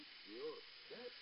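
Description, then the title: Gull calls: two short, harmonic, rising-then-falling mewing notes about half a second apart, over a steady background hiss. "Чайки одолели"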